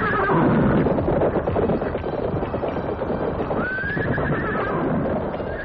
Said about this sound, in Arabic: الحصان صوته هو الصهيل